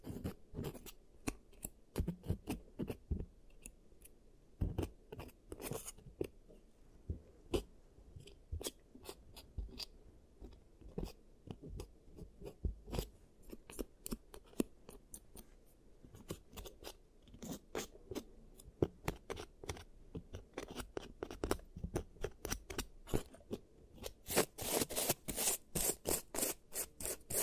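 An ASMR giant teeth treatment with cavities being fixed: crisp clicks, snips and scraping taps arrive in an irregular, fairly quick stream over a soft, low rustling bed. The sounds thicken into a louder, brighter cluster around the 24 to 26 second mark.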